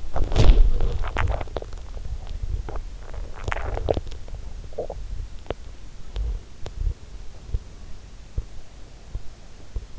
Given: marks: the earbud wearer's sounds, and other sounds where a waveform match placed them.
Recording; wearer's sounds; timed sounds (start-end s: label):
sounds in sleep by an in-ear microphone; body movement, swallowing
0.00-6.02 s: body movement
0.22-1.87 s: swallowing
2.58-5.08 s: swallowing